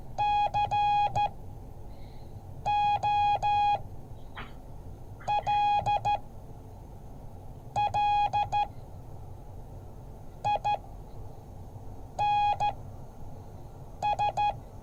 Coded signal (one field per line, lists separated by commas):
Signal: Morse code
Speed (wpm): 13 wpm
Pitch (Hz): 830 Hz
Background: none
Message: COLLINS